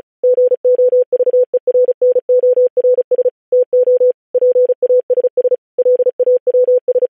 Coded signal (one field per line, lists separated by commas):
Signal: Morse code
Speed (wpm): 36 wpm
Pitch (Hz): 500 Hz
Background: none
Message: GOVERNORS TO PASS LAWS